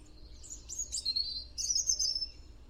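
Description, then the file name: European robin singing high thin whistled notes and short sliding phrases, somewhat faint against steady low background noise. "Erithacus rubecula"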